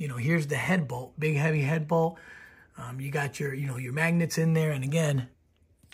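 A magnetic bolt cover is being handled over a big, heavy head bolt on a Sportster motorcycle engine while someone talks throughout. A few faint taps sound near the end, but the cover has not yet snapped onto the bolt head and nothing has seated.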